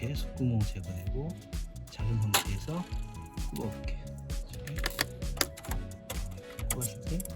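A chipless refill ink cartridge is handled at the carriage of an Epson WF-2851 inkjet printer while someone talks, with background music and a run of sharp plastic ticks and taps in the second half. The cartridge is pushed toward the carriage, but nothing has seated or clicked yet.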